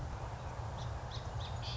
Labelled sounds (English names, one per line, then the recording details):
Song Sparrow
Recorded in Sonoma County, California